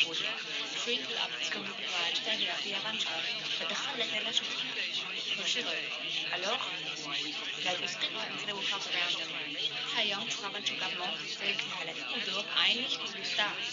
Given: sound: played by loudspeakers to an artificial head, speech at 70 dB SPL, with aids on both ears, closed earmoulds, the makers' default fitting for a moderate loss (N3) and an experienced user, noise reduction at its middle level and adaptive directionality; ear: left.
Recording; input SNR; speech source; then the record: speech test signal (ISTS) in cocktail-party noise; 0 dB; in front (0 degrees)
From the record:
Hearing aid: class 1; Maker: G